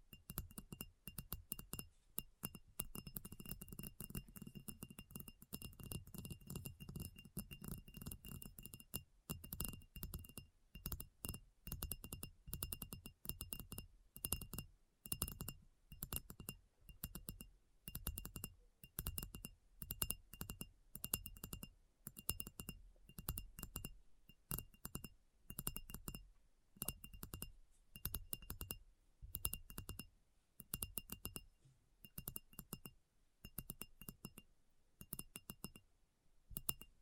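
Rapid tapping on glassy, clinking surfaces, crisp bright clicks in dense irregular bursts with brief pauses, over a faint steady high whine.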